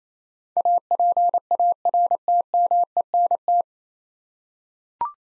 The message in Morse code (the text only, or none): APARTMENT